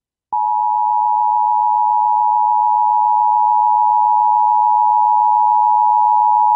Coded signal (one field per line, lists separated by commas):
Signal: Emergency Alert System (SAME) tones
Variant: 853 and 960 Hz attention tone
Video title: EAS Silver Alert again!! WJON EAS#252